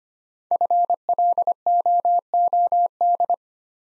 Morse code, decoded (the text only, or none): FLOOD